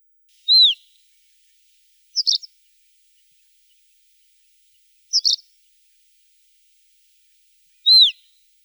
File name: zhavoronok rogatyy golos